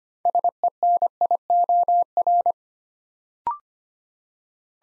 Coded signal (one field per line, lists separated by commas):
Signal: Morse code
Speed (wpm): 25 wpm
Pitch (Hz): 700 Hz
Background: none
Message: SENIOR